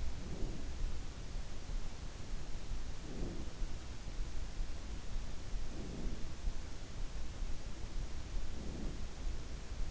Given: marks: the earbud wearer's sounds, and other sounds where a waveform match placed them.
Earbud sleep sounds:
sounds in sleep by an in-ear microphone; breath
0.00-0.92 s: breath
2.88-3.53 s: breath
5.61-6.32 s: breath
8.43-9.01 s: breath

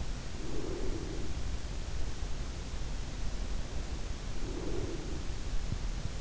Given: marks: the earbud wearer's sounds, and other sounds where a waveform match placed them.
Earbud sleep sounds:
sounds in sleep by an in-ear microphone; breath
0.34-1.41 s: breath
4.41-5.48 s: breath

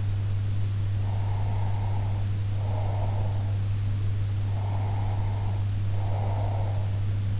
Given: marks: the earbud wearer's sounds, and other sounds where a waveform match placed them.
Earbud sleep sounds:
sounds in sleep by an in-ear microphone; breath
1.01-3.58 s: breath
4.47-6.98 s: breath

